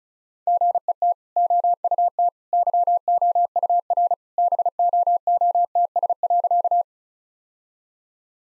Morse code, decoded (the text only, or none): GET OUT YOUR BOOTS.